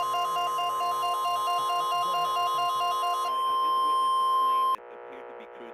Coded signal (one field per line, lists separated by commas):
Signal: Emergency Alert System (SAME) tones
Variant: 1050 Hz attention tone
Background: music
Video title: EAS during the 9/11 attacks | Historical EAS Scenario